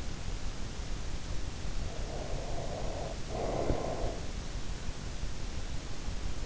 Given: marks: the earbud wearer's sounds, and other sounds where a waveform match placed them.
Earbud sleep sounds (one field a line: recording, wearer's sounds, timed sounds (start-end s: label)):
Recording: sounds in sleep by an in-ear microphone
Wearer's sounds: breath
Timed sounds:
1.88-4.41 s: breath